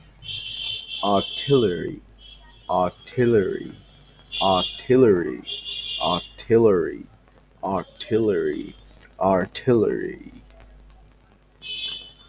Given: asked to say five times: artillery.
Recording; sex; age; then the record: repeated word; male; 20 to 29 years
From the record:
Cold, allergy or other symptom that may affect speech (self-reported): yes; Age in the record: 24 years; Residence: Bangladesh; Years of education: 18